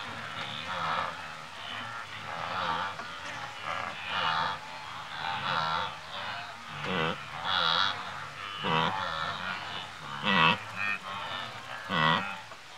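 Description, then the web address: Wildebeest grunting in a herd, nasal honking grunts overlapping from several animals, some rising and falling, going on with no pause. Several grazing and grunting, Africa. "Sound Effects Library-30 (Africa- The Natural World) 28 WILDBEEST, Several grazing and grunting"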